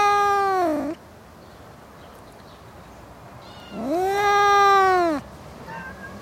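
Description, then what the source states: Cat meowing: a loud harmonic call falling at its end, a pause of nearly three seconds, then a longer rising-then-level wail, with a faint short call after. Several cats in a suburban garden, one close, others more distant.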